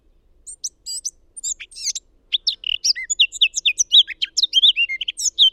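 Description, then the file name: Eurasian blackcap singing a fast, jumbled warble of sharp high notes, growing louder and denser in the second half. "Sylvia atricapilla"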